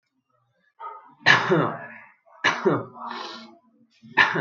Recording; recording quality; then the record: shallow voluntary cough; excellent, no background noise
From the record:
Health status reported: healthy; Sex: male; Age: 22 years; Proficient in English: yes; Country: India